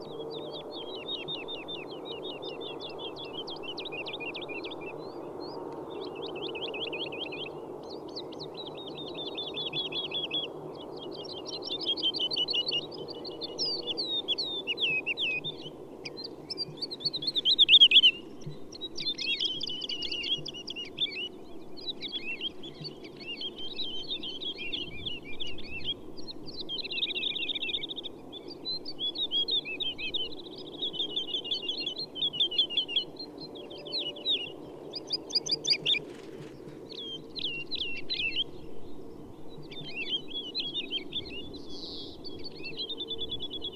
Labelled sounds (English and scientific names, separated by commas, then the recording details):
Wood Lark (Lullula arborea) flight song
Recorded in the wild
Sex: pair
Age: adult
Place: Schönow, Naturpark Barnim, Brandenburg, DE
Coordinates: 52.69, 13.5136
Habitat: heath
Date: 2005-03-31
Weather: clear, -2°C, weak wind
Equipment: Tascam DA-P1, Telinga Pro 5
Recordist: Frommolt, Karl-Heinz
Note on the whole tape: Naturschutzgebiet Schönower Heide, 500 m nördlich des Aussichtspunktes: 2 Tiere mit Fluggesang. Teilweise gute Aufnahme